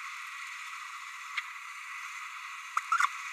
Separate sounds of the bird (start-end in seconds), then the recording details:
2.77-2.80, 2.91-3.07. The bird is a male. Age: 30 days. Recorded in a nest box in Venezuela. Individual 17B32A6